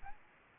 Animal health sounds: mosquito wingbeat signal from an infrared sensor; Aedes albopictus

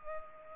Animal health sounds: mosquito wingbeat signal from an infrared sensor; Culex pipiens

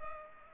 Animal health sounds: mosquito wingbeat signal from an infrared sensor; Culex pipiens

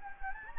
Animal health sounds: mosquito wingbeat signal from an infrared sensor; Anopheles gambiae

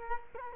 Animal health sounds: mosquito wingbeat signal from an infrared sensor; Culex quinquefasciatus

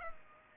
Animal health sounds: mosquito wingbeat signal from an infrared sensor; Culex pipiens

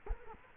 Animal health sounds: mosquito wingbeat signal from an infrared sensor; Culex quinquefasciatus

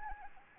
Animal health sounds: mosquito wingbeat signal from an infrared sensor; Anopheles arabiensis

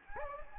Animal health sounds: mosquito wingbeat signal from an infrared sensor; Anopheles gambiae

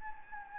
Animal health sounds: mosquito wingbeat signal from an infrared sensor; Anopheles gambiae

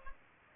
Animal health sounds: mosquito wingbeat signal from an infrared sensor; Culex pipiens

